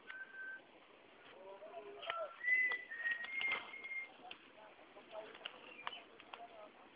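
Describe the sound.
Malabar whistling thrush giving faint whistled notes, with one longer whistle near the middle, over a noisy background.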